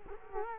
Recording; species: mosquito wingbeat signal from an infrared sensor; Culex quinquefasciatus